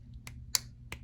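The two ends of a bent copper ring blank are over-bent past each other, then pulled back so they spring and click together into alignment under tension at the solder seam, ready for soldering. A faint tick is followed by a few sharp clicks, with the loudest, brightest click at 0.6 s and another at 0.9 s over a low steady hum. The ends are seated together.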